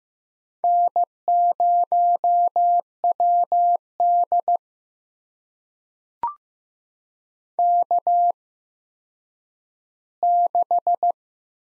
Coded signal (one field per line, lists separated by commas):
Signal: Morse code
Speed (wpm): 15 wpm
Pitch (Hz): 700 Hz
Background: none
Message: N0WD K6